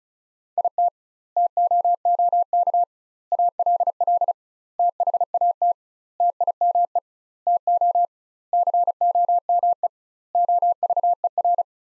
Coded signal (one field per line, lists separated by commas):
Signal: Morse code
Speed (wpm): 34 wpm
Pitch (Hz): 700 Hz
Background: none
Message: IT TOOK ALL THAT TIME TO COME OVER